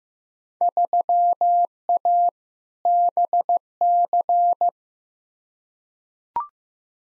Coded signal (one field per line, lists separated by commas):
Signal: Morse code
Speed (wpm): 15 wpm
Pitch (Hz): 700 Hz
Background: none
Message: 3A BC